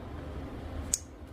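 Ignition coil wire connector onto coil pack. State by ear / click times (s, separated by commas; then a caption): seated / 0.9 s. A second plastic ignition coil wire connector is pushed onto the coil pack until it latches. A single sharp, bright click sounds at 0.9 s over quiet background noise, and the connector is seated.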